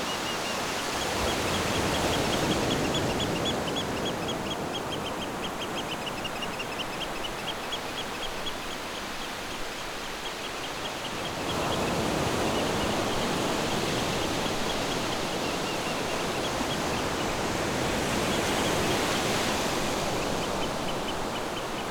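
A beach with birds: a thick, steady hiss of surf fills the whole clip, swelling louder around two seconds, again from about twelve seconds on, and near nineteen seconds. Above it, birds keep up a continuous high chirping trill throughout.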